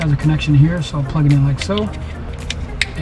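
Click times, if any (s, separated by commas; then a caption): 2.5 s, 2.8 s. A backup camera connector is plugged into the harness of a 13-inch T-style head unit screen for a 2017 Ford F-150 while someone talks over background music. Sharp clicks at 2.5 s and 2.8 s mark the connector locking in place, seated.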